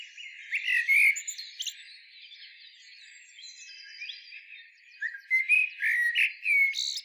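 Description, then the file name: Eurasian blackbird song: two bursts of fluty warbled phrases, around one second and again from five seconds, with faint high chirps between. "Turdus merula"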